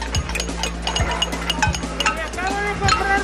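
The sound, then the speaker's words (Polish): Pots banged on balconies in Spain in protest against extended epidemic restrictions: irregular metallic clangs and clinks, several at once, ringing with bright overtones over a steady low hum and a faint murmur of voices. “Uderzając w garnki na swoich balkonach, protestowali przeciwko przedłużaniu obostrzeń związanych z epidemią.”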